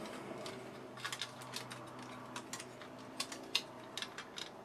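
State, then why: Not seated. A plastic part from a plastic model kit is being pushed and worked into its plastic joint, giving a run of small, sharp ticks and scraping handling sounds over a low background hum. Nothing has seated or clicked into place yet.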